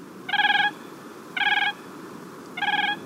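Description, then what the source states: Siberian crane flight calls: three loud, trilled, harmonic-rich notes, each about a third of a second, spaced roughly a second apart over a soft steady background hiss. Three cranes flying over the recordists' heads in the Siberian tundra, seeming to call to each other in flight; a call type said to be rarely given.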